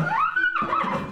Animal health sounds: contact call of a hoofed animal; horse; whinny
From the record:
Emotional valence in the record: positive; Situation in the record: reunion with the whole group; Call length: 1.12 s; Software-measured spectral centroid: 1600 Hz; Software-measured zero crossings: 2270 a second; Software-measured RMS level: -24 dBFS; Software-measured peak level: -12 dBFS

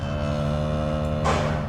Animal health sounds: contact call of a hoofed animal; cattle; low-frequency (closed-mouth) or high-frequency (open-mouth) call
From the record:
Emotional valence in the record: negative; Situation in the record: full separation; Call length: 1.69 s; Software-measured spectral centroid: 1770 Hz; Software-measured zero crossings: 1140 a second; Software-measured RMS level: -24 dBFS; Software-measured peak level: -10 dBFS

